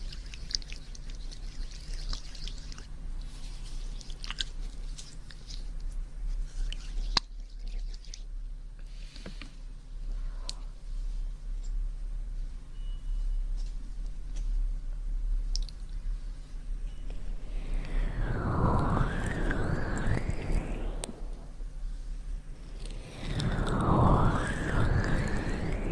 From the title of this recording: Ear Cleaning & Ear Massage Water Sounds